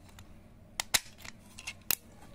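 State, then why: Seated. A cabinet door or drawer is pushed closed on a hidden RFID electronic lock for a wooden locker cabinet, and the lock's latch bolt catches on its strike plate. Sharp ticks at about 0.8 and 1.0 s and softer taps follow, then a crisp, loud latch click at 1.9 s. The lock is latched shut.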